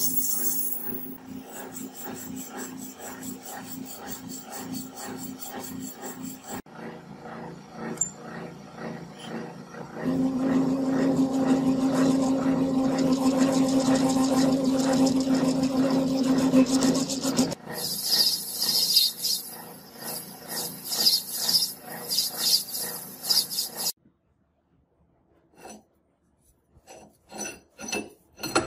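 Metalworking on a rusty bolt, heard as a run of scraping, rasping strokes, filing and rubbing in a regular back-and-forth rhythm. From about 10 to 17 seconds a louder, steadier grinding with a clear droning tone takes over, then rasping returns before short scattered scrapes near the end.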